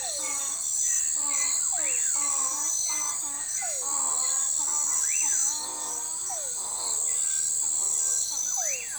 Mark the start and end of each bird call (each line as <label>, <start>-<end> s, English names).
Common Pauraque, 5.01-5.46 s
Common Pauraque, 8.44-8.98 s